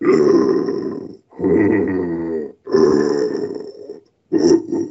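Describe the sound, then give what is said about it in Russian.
A person does a 'bear' vocal exercise on the breath, making four low, gruff growls in a row to explore the lowest part of the vocal range, each sustained for about a second with short breaks, rough and buzzing in the low register. “Медведь – это то же самое, но для того, чтобы мы отдельно еще прощупали самый свой нижний диапазон.”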